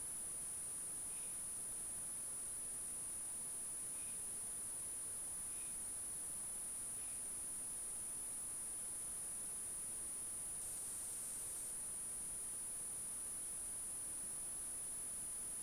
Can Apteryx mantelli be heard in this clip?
no